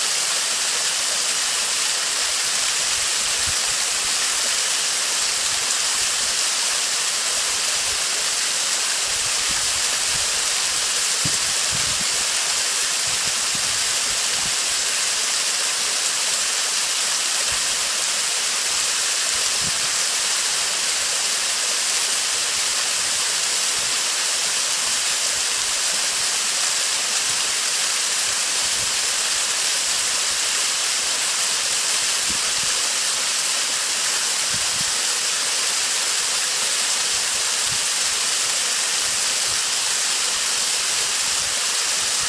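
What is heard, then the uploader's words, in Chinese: A waterfall roars from very close by, a dense, unbroken rush of water. The sound stays steady and full for the whole stretch, bright and hissing on top with little low rumble, and no other sounds stand out. 与瀑布的近距离接触_来自智利康塞普西翁大学。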